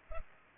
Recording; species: mosquito wingbeat signal from an infrared sensor; Culex pipiens